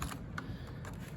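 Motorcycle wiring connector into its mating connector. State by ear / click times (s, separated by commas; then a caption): not seated / none. The green-marked halves of a plastic wiring connector on a Lifan KPR 200 motorcycle are handled as they are pushed toward its mating connector, with brief plastic ticks and rustling around 0.0, 0.4 and 1.2 seconds. The clip ends just before the connector goes home, and nothing has snapped or seated yet.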